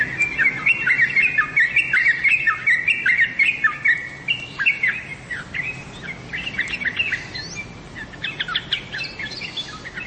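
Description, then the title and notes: Bird chirping song: rapid, bright chirps repeated several times a second, dropping in pitch within each note, slightly higher and sparser toward the end. "Bird Sound. Kicau Burung Lengkap"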